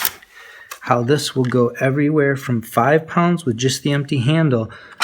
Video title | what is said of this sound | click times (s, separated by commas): PowerBlock U-90 [50-70 lb] Urethane Dumbbell Review | you're just going to set it right here the you 57 is going to click right into it | 0.1 s